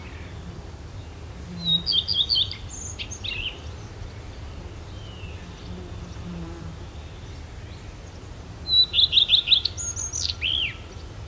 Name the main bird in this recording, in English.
Common Redstart